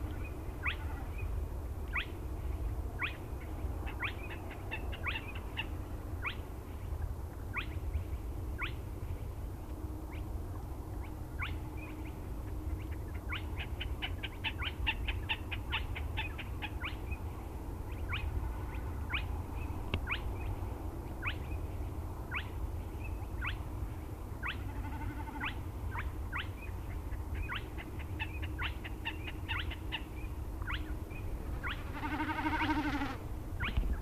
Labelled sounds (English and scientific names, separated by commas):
Common Snipe (Gallinago gallinago) bleating